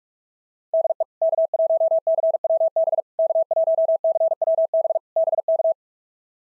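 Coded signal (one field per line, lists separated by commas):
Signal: Morse code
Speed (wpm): 46 wpm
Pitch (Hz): 650 Hz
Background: none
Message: DE K1CWB K1CWB BK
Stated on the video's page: Morse practice of POTA contact exchanges at 45 wpm, each sent in Morse, then spoken, then sent again.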